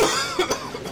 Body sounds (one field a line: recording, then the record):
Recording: coughing mixed with background sound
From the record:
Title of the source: Dry Coughing Fit in the Afternoon.